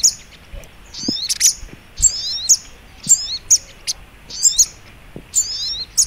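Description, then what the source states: Little spiderhunter singing short bursts of high, squeaky, slurred notes, about one phrase per second, over faint low clicks. Training recording (masteran) of the sogok ontong song style called labaik.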